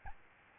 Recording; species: mosquito wingbeat signal from an infrared sensor; Aedes albopictus